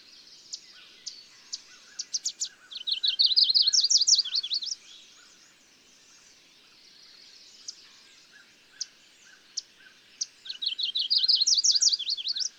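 Bird song: two bursts of rapid, rolling V-shaped notes, each led by sharp high chips and separated by a quiet gap with a few isolated notes.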